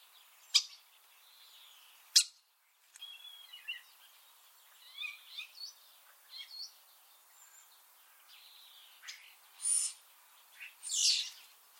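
Eurasian starling song with sharp clicks, soft chatter and scattered whistles, closing with bursts of harsh, buzzy notes.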